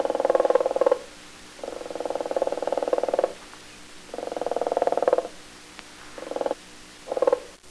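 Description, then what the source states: Flamingo giving rattling bursts of calls, repeated with brief gaps, the last ones shorter. Flamingo brood.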